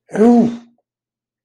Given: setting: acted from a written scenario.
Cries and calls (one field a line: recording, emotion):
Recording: vocal sound without words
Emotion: fear